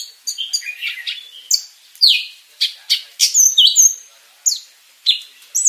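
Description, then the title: Leafbird singing a fast medley of sharp whistled notes, buzzy trills and falling slurs, delivered in uneven clusters. Described as a champion bird singing a full 'isian' repertoire of inserted song phrases while flapping its wings. "Burung Cucak Ijo Juara Dunia Suara Isian Komplit Kibarkan Sayap"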